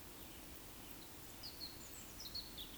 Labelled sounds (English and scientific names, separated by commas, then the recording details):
Eurasian Woodcock (Scolopax rusticola) whistle
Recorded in Baden-Württemberg, Germany, on 13 June 2021 at 19:55 UTC
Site 23718, 552 m above sea level